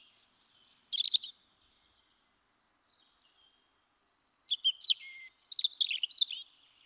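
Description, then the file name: European robin song: a thin, high whistled phrase, about three seconds of quiet, then a longer, tumbling burst of squeaky twitters and warbles. "Erithacus rubecula"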